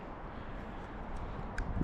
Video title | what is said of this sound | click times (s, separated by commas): Wróciłem po długiej przerwie, kramer doposażony w nowe lampy z @AgraLED TATA ZADOWOLONY! | O, wpięło się. | 1.6 s